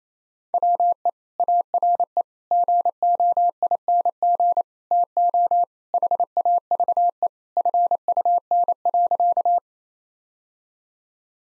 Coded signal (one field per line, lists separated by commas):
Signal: Morse code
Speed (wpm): 28 wpm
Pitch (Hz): 700 Hz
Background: none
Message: WE ARE GOING TO HAVE FUN.